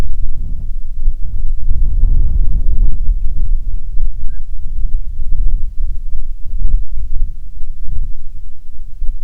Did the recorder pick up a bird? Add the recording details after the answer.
yes. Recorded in the Prudhoe Bay oil fields, Alaska, on 6 June 2019 at 04:04. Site 16